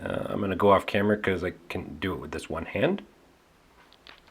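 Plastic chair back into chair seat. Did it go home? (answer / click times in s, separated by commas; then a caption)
yes / 4.1 s. The plastic back of an IKEA Mammut child's chair is pushed one-handed into its slots in the plastic seat. Someone talks for the first three seconds, then after a quiet pause small clicks come near the end, and the back clicks into place at 4.1 seconds.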